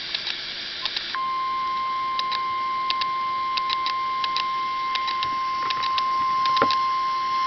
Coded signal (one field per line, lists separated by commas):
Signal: Emergency Alert System (SAME) tones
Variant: 1050 Hz attention tone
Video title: EAS #10- Statewide Maryland Tornado Drill (From my iPod)